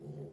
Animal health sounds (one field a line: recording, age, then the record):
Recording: pig call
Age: piglet (1 to 25 days)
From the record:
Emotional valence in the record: negative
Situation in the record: long isolation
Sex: female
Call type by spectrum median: low-frequency call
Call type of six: low-frequency stable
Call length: 0.33 s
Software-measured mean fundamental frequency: 49 Hz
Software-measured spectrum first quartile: 150 Hz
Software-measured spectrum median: 245 Hz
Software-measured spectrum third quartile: 425 Hz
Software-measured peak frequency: 403 Hz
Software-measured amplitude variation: 101 dB a second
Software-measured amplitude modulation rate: 12.3 a second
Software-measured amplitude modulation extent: 8.3 dB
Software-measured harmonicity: 1.3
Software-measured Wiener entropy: 0.47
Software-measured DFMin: 1250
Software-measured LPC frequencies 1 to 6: 388, 1921, 3133, 4315, 4942, 5887 Hz